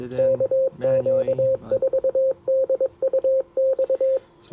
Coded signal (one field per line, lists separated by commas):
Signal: Morse code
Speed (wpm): 23 wpm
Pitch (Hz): 530 Hz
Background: speech, radio noise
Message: KQ4DUX